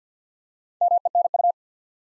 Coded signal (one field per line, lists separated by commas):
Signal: Morse code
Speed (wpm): 50 wpm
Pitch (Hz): 700 Hz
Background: none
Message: MENU